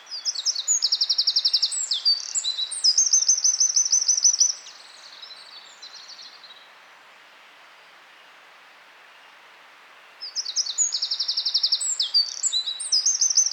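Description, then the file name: Eurasian wren song, two energetic phrases of rapid, very high rattling trills, the first lasting over four seconds, then a long quiet gap before the second. "Troglodytes troglodytes"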